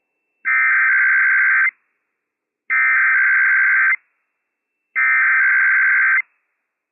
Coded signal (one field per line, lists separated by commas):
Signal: Emergency Alert System (SAME) tones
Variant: header bursts